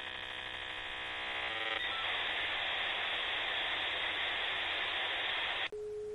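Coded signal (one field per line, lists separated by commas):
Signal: dial-up modem handshake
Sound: buzzy multi-tone chord, then steady loud hiss, ending abruptly in a low hum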